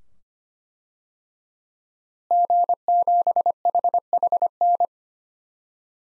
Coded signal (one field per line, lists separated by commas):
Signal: Morse code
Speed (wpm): 25 wpm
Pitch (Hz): 700 Hz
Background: none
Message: G7HHN